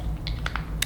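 A plastic cap is pressed onto an Armani Code Cashmere perfume bottle, giving a few small knocks at about 0.3, 0.5 and 0.6 seconds over a low steady hum. A louder, sharper click follows at 0.8 seconds as the cap seats, though it has a hard time clicking into place.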